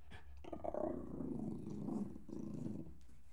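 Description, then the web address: Dog growling, a low continuous rumbling growl lasting about three seconds. Jack Russell Terrier crossed with a Corgi, recorded while leaping. "BBC Sound Effects Library - Horses Dogs Jack Russel Corgi Cross Leaping"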